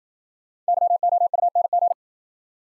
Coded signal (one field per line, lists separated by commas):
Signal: Morse code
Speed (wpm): 52 wpm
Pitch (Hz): 700 Hz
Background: none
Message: YOUNG